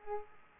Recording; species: mosquito wingbeat signal from an infrared sensor; Aedes aegypti